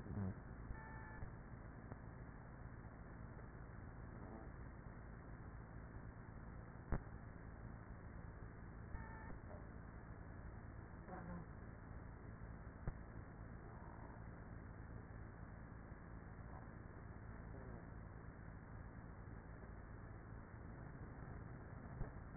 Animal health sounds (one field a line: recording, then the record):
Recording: honeybee colony, microphone inside the hive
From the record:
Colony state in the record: queenless with a low population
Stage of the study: after two queens were removed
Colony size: about 30,000 bees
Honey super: no